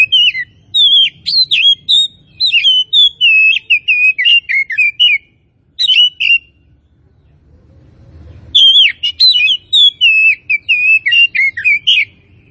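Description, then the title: Oriental magpie-robin singing loud, varied whistled phrases with rapid sweeps and trills, then a brief extra phrase, a pause of about two and a half seconds, then another burst of rich, clear notes. Tretes variety of oriental magpie-robin, described as in full, vigorous song. "Kacer Tretes"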